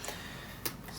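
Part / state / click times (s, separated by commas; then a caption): plastic building brick into a model sub-assembly / seated / 0.7 s. A plastic LEGO brick from the 2023 Harry Potter Gringotts Wizarding Bank Collectors' Edition set 76417 is pressed into a model sub-assembly. A single sharp, broadband click at 0.7 s rises well above a quiet background. The brick snaps into place and is seated.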